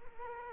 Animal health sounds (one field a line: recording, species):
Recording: mosquito wingbeat signal from an infrared sensor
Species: Culex quinquefasciatus